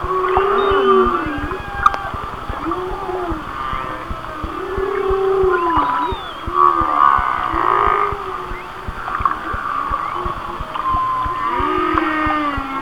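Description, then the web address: Whale song with a series of arching moans, each rising then falling, plus high squeals and steady clicks. "Whale Songs Whale Songs"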